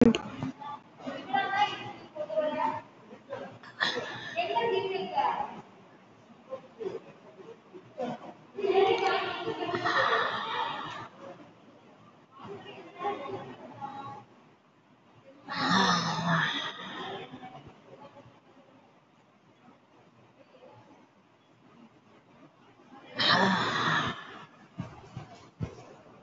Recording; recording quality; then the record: deep breathing; excellent, no background noise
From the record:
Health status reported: COVID-19 positive, moderate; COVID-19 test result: positive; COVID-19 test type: RT-PCR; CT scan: taken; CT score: 5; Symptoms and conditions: cough, cold, breathing difficulty, sore throat, fatigue, muscle pain, loss of smell and taste, asthma, hypertension, diabetes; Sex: female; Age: 69 years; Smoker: no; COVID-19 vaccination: one dose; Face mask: worn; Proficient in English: yes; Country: India